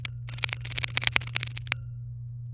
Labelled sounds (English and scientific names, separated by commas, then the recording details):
Domestic Canary (Serinus canaria) song
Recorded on 23 April 2018 at 17:54
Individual llb3